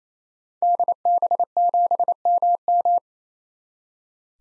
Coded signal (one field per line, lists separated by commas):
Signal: Morse code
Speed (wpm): 27 wpm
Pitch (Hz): 700 Hz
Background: none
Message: DB7MM